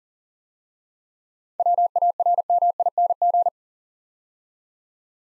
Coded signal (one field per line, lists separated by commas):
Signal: Morse code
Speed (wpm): 40 wpm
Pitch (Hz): 700 Hz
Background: none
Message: WARMING